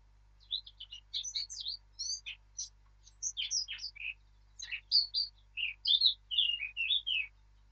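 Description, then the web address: Eurasian blackcap song: rapid, varied high warbling notes mixing clear whistles and scratchier notes, delivered in several bursts with short pauses, over a faint low hum. "birdsong Sylvia atricapilla"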